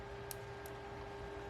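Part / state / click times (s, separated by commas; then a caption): micro SD card into garage camera card slot / seated / 0.3 s. A micro SD card is pushed into the card slot of a Eufy all-in-one garage control and camera unit, and it seats with a short, sharp click at 0.3 s. A steady low hum and faint broadband hiss run underneath, with a second, softer high-pitched tick around 0.7 s.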